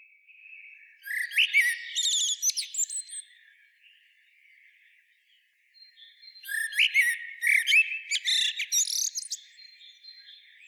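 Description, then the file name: Common blackbird song with two phrases separated by a pause. Each has warbled, fluty notes that break into rapid, high-pitched squeaks and chips. "Turdus merula"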